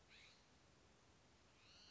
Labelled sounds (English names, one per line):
California Scrub-Jay